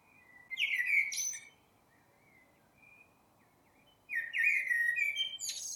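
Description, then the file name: Common blackbird song: a fluted, warbling phrase ending in high squeaks, a soft thin whistle, then another richer phrase a few seconds later. "Turdus merula"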